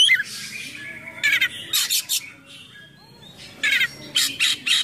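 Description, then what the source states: Oriental magpie-robin giving harsh, scratchy bursts and buzzy notes in short phrases, separated by quieter gaps. Kacer song in 'gacor full isian mewah' style: a continuous, full song packed with imitations of other sounds.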